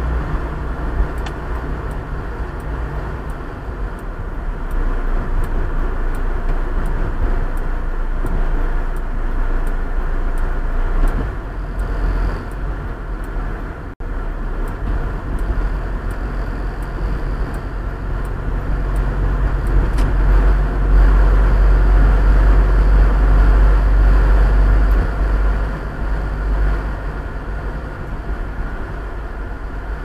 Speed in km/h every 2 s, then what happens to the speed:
57, 55, 54, 50, 43, 41, 40, 40, 42, 44, 44, 45, 46, 48, 45.
0-12 slows to 40. 12-30 steady at about 44.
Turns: none.